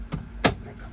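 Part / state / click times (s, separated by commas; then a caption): rubber trim piece into sliding door panel / seated / 0.4 s. A rubber trim piece on the sliding door panel of a 2018–2025 Honda Odyssey is set in right side first, then pressed down until it snaps into place. A soft, muffled contact is heard near 0.1 s, followed by a sharp, broadband snap at 0.5 s as the trim seats, then only faint low background noise. The trim piece is seated.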